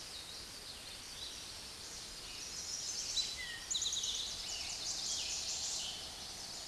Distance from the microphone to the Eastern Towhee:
about 40 m